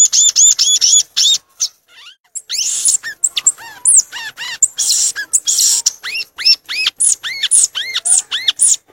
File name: canto do gaturamo verdadeiro